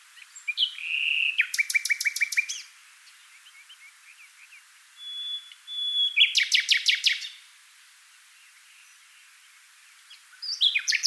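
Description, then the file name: Common nightingale song: loud rapid repeated pulsed notes in bursts, separated by quieter pauses and a brief pure whistled tone. "Luscinia megarhynchos"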